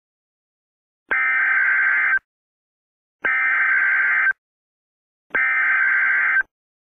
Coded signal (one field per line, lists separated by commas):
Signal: Emergency Alert System (SAME) tones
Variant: header bursts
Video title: EAS Scenario - Helena Banks Fault Zone/Atlantic Tsunami